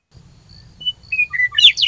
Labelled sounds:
Western Meadowlark
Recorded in Sonoma County, California

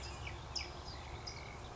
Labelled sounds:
California Towhee
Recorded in Sonoma County, California

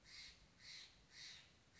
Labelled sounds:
Steller's Jay
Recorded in Sonoma County, California

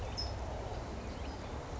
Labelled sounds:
California Towhee
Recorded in Sonoma County, California

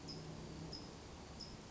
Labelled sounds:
California Towhee
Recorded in Sonoma County, California

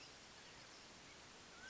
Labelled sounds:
Mountain Quail
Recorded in Sonoma County, California

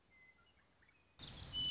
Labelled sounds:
Western Meadowlark
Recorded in Sonoma County, California

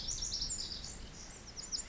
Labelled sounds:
Pacific Wren
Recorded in Sonoma County, California

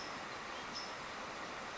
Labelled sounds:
California Towhee
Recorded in Sonoma County, California

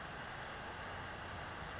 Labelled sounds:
California Towhee
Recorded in Sonoma County, California

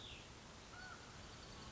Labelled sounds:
Cassin's Vireo
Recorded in Sonoma County, California

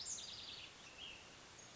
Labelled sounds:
Ash-throated Flycatcher
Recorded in Sonoma County, California

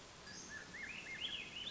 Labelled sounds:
Swainson's Thrush
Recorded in Sonoma County, California

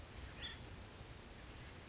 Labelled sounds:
California Towhee
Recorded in Sonoma County, California

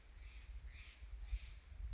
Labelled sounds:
Steller's Jay
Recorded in Sonoma County, California

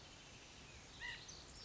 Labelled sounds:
White-breasted Nuthatch
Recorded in Sonoma County, California

